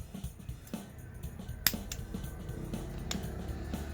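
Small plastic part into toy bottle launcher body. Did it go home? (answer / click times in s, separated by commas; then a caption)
yes / 1.7 s. A small plastic part is pressed into the body of a Bottleman BOT-01 Colamaru toy bottle launcher during assembly over steady background music. A sharp, very short click at 1.7 s marks the part seating, followed by a few fainter ticks around 1.9 s and 3.1 s. The part is fitted in place.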